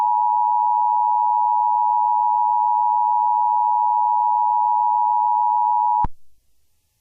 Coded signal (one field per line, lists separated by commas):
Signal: Emergency Alert System (SAME) tones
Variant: 853 and 960 Hz attention tone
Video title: EAS Mini 2: Angry Tom